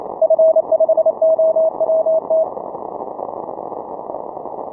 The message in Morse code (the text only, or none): F5OWT